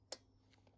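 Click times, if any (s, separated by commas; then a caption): 0.1 s. A rubber HT lead cap is pushed onto the terminal of a freshly cleaned spark plug on a Mountfield RV40 150cc 45 cm cut lawnmower. A single sharp click sounds at 0.1 s, followed by faint ticks. The cap clicks on and seats, giving a good connection for a good spark.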